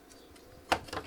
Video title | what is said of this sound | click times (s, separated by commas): Volvo S70 V70 C70 gauge pod by Panczel Design | now you can put the gauge pot in just slide it in and push it parallelly until it clicks | 0.7 s